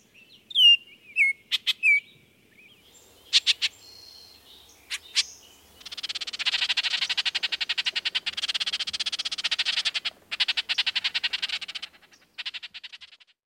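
Baltimore oriole with a few slurred whistles and sharp chips, then a long, dry, rapid chattering rattle lasting several seconds that trails off at the end.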